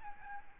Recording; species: mosquito wingbeat signal from an infrared sensor; Aedes albopictus